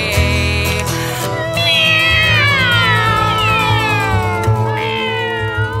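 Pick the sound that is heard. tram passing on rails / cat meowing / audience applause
cat meowing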